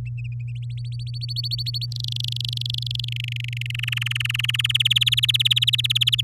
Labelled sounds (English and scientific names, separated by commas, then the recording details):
Domestic Canary (Serinus canaria) song
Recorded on 11 May 2018 at 06:31
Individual llb16